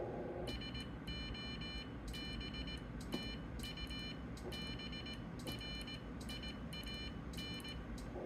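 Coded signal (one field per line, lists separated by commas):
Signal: Morse code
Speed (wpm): 18 wpm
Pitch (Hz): 3000 Hz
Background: none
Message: SO BTU BRIAN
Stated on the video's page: CW contact on a Flex 1500, keyed with a WinKeyer.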